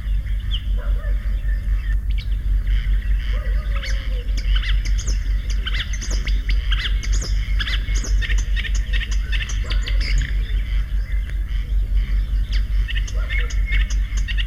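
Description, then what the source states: Marsh Warbler singing a dense, fast, scratchy medley of chirps, clicks and short whistles, continuous throughout, against a constant low-pitched hum. Settles in hedges and willow thickets; simple song decorated with fragments borrowed from other birds.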